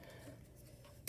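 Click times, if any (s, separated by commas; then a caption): 1.1 s. Craft kit pieces are worked together into a finished toy, with low steady handling noise and no talk. A single sharp snap at 1.1 seconds marks the piece locking into place.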